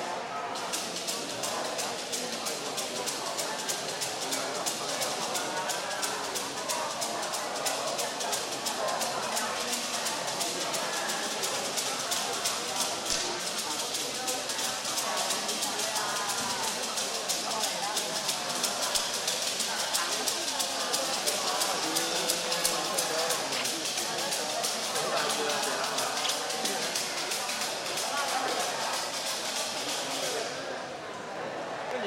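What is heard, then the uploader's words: Inside the temple of the 10,000 Buddhas in Hong Kong, a steady crowd of voices murmurs and chatters, dense and overlapping with no single speaker standing out. Small clicks and footsteps run through it constantly, and the din eases slightly in the final second. In the temple of the 10,000 Buddhas, Hong Kong by Concrète Mixer.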